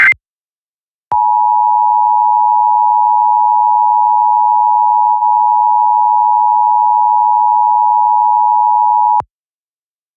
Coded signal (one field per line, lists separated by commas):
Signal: Emergency Alert System (SAME) tones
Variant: 853 and 960 Hz attention tone